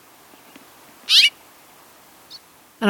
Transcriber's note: House Finches’ call notes